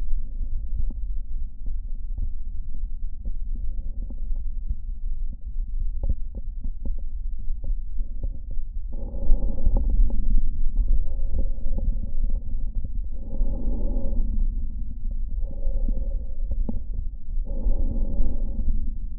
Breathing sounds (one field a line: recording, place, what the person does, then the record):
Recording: lung sounds by stethoscope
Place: left posterior basal chest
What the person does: quiet breathing, then deep breathing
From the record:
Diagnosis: interstitial lung disease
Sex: male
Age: 75 years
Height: 167 cm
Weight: 68 kg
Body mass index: 24.4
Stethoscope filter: diaphragm mode